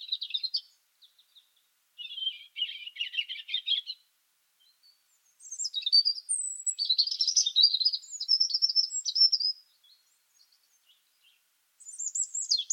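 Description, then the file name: European robin singing a series of high, tinkling phrases, some buzzy and trilled, others clear and whistled, with brief silences between phrases. "Erithacus rubecula"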